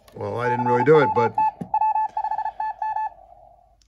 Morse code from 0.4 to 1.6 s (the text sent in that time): CWT